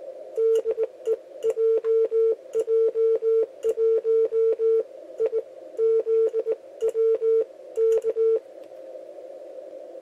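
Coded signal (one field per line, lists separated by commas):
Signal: Morse code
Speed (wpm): 18 wpm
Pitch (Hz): 450 Hz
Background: radio noise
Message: DE JJ1IZW K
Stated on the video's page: Morse code learning lesson using mnemonic phrases to memorize characters.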